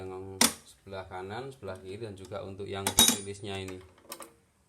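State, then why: Seated. Someone talks while handling a Guardian Quick Release 27-liter aluminium side pannier on its motorcycle bracket. At 4.1 s the pannier's quick-release lock engages with a short, sharp click, and it is confirmed locked.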